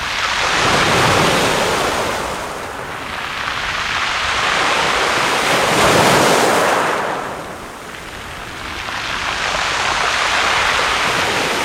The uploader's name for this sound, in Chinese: 大自然的声音-海浪声